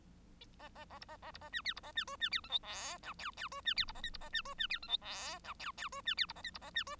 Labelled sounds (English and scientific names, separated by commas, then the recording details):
Bengalese Finch (Lonchura striata domestica) song
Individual Bird1